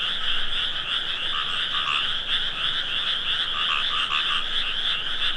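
Frog chorus, a steady dense trill of many callers, with short lower notes popping out now and then.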